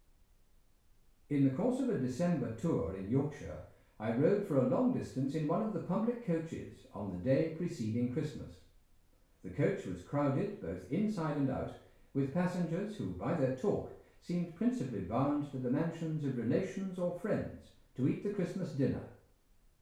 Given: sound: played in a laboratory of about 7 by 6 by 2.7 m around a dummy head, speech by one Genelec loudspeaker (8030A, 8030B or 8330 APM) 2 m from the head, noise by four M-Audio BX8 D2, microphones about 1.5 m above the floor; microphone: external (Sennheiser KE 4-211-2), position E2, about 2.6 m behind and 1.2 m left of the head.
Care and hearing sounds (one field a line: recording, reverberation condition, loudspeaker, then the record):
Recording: male speech in English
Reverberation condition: medium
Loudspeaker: 150 degrees to the left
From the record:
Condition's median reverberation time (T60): about 510 ms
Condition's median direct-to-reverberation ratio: about -0.5 dB